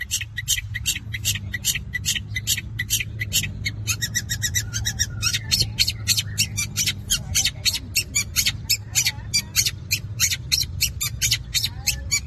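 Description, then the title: Long-tailed shrike song: a rapid run of sharp, high chattering notes repeated almost without pause for the whole stretch, over a steady low hum. Combination song style. "Cendet Kombinasi"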